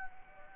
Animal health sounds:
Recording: mosquito wingbeat signal from an infrared sensor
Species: Anopheles gambiae

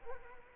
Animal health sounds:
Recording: mosquito wingbeat signal from an infrared sensor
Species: Culex quinquefasciatus

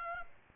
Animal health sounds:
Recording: mosquito wingbeat signal from an infrared sensor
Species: Aedes aegypti

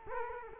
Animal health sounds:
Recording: mosquito wingbeat signal from an infrared sensor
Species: Culex quinquefasciatus

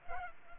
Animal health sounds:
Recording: mosquito wingbeat signal from an infrared sensor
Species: Culex pipiens

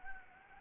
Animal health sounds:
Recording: mosquito wingbeat signal from an infrared sensor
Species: Anopheles gambiae

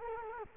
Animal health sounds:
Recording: mosquito wingbeat signal from an infrared sensor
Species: Culex quinquefasciatus

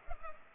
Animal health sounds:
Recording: mosquito wingbeat signal from an infrared sensor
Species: Culex pipiens

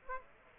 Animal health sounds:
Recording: mosquito wingbeat signal from an infrared sensor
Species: Aedes aegypti

